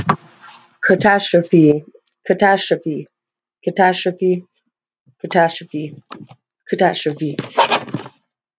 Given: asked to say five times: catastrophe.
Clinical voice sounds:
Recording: repeated word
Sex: female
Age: 20 to 29 years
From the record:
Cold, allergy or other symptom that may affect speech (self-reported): no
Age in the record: 23 years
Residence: Texas, United States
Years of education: 12

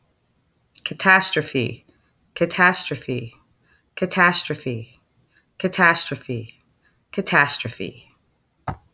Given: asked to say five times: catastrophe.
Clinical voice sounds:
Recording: repeated word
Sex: female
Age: 30 to 39 years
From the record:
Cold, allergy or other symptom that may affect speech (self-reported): no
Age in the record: 33 years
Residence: Florida, United States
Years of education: 16

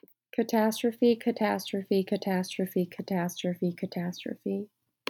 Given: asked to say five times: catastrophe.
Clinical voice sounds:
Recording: repeated word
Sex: female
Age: 20 to 29 years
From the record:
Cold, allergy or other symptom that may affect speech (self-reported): no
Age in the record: 28 years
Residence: Florida, United States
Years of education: 17

